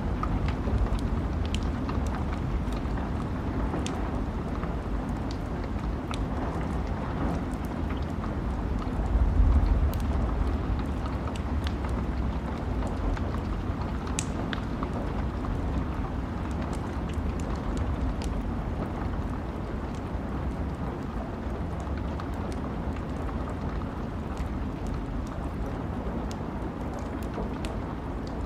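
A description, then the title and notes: A campfire burns with small, scattered crackles and pops all the way through, some sharper snaps standing out. Beneath it runs a steady low rumble of wind, swelling briefly around ten seconds before settling back to an even roar. Campfire audio + wind. Campifre sounds with wind in the background.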